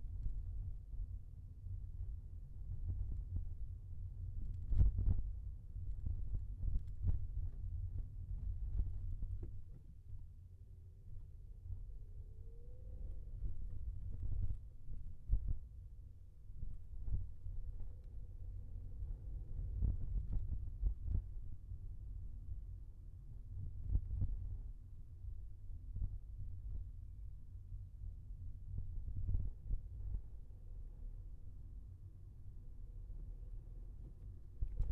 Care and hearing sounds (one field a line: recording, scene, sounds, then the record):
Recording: everyday scene through a hearing-aid microphone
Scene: in a vehicle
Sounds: engine, highway traffic jam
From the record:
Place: Skoda Fabia, gasoline engine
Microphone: behind the ear, left, front